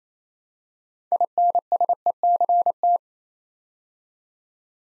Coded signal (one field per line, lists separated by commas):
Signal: Morse code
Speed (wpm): 27 wpm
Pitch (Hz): 700 Hz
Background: none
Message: INSECT